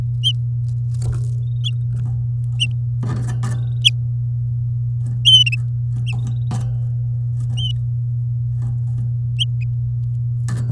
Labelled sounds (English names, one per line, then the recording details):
Domestic Canary song
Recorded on 10 May 2018 at 08:07
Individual llb16